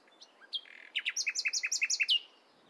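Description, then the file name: Common nightingale song: a short whistled note leading into several rapid, evenly repeated two-part chirps that stop abruptly. "Luscinia megarhynchos"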